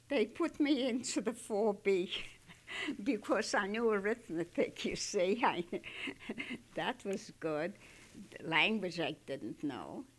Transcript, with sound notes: they put me into the 4B, because I knew arithmetic, you see. ( she laughs ) That was good. Language, I didn't know.